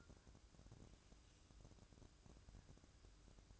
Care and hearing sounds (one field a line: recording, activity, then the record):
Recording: daily activity, microphone in the room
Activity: take from stove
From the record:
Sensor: 2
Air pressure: 1007.8 hPa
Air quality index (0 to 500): 100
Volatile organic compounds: 1 ppm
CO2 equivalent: 756 ppm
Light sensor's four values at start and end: 8/18/7/7 and 8/18/7/7